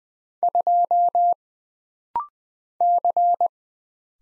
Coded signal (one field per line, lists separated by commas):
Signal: Morse code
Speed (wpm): 20 wpm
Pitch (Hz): 700 Hz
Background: none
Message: 2 C